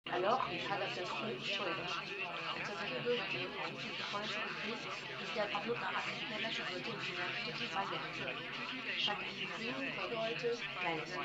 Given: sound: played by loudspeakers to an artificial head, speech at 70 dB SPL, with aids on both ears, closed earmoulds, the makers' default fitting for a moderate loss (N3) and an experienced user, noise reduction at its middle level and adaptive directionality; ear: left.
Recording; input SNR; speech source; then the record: speech test signal (ISTS) in cocktail-party noise; 0 dB; on the right (90 degrees)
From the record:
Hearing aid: class 1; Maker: F